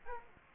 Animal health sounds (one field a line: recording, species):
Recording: mosquito wingbeat signal from an infrared sensor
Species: Culex quinquefasciatus